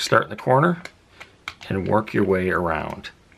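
A replacement plastic lens is being pressed into a sunglasses frame, starting at a corner and working around, while someone talks over a few faint handling ticks. Nothing has seated or clicked into place yet.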